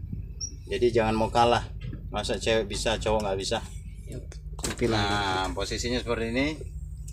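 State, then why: Not seated. Someone talks while handling the steering column adjustment lock in the cab of a Scania P360XT truck, moving the steering column into position, with a few brief soft knocks around 4.1–4.6 seconds. The steering column lock has not engaged or clicked yet by the end of the clip.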